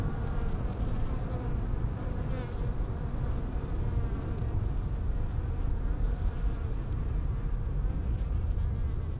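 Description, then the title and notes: Bees buzzing in a steady low hum. Bees in lavender in the palliative care service garden of Hôpital Brugmann, Brussels, Belgium, a peaceful spot apart from other hospital pavilions; recorded with Sony PCM-M10 internal microphones. "Hôpital Brugmann, Place Arthur Van Gehuchten, Bruxelles, Belgique - bees in the palliative care services garden. Bees in the lavender from the palliative care service's garden. Abeilles dans la lavande, jardin du service de soins palliatifs"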